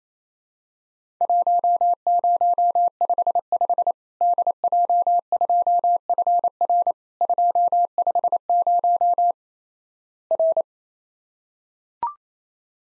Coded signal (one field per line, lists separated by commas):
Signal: Morse code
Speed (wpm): 28 wpm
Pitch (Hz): 700 Hz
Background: none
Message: 1055 DJ2FR 250 R